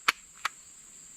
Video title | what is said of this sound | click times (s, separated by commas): Comp Blast Test to the FACE!! Sig P365 X MACRO | this locks in | 0.1 s